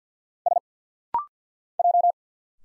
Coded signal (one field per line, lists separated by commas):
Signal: Morse code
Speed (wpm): 50 wpm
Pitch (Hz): 700 Hz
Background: none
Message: S J